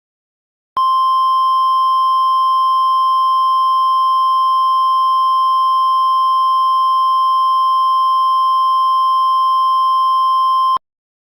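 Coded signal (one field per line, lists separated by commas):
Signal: Emergency Alert System (SAME) tones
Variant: 1050 Hz attention tone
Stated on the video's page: Fictional EAS scenario, remastered, not a real alert.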